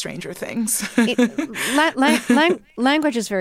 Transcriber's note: laughter